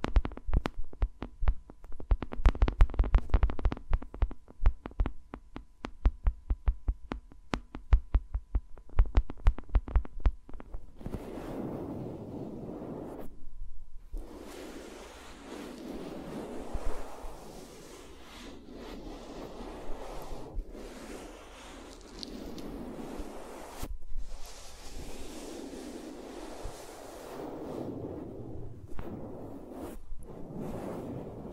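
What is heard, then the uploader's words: ASMR sounds of fingers working around microphones, without talking. The first ten seconds are quick, sharp tapping clicks in a dense, uneven flurry; after that it turns into a soft, continuous rubbing and swishing with brief pauses around 14 and 24 seconds. ASMR with Mics Around My Fingers (No Talking).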